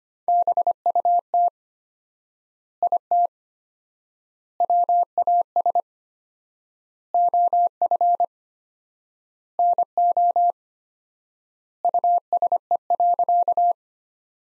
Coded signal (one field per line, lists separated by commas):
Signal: Morse code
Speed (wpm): 25 wpm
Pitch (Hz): 700 Hz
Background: none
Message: BUT IT WAS OF NO USE.